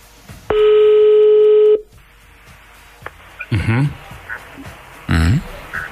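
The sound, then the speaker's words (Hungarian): A single loud, steady ringback tone of an outgoing phone call from the Rádió 1 radio show to a listener sounds for over a second, then stops, followed by quiet background and a couple of short bursts of voices. “Itt vagyunk, hívjuk a naphallgatóját, és már hívtuk is, úgyhogy már csak mondania kell a bűvös szócskát.”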